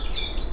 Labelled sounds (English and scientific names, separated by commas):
Stitchbird (Notiomystis cincta) song